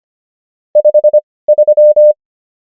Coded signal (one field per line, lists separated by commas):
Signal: Morse code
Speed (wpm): 25 wpm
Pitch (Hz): 600 Hz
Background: none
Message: 53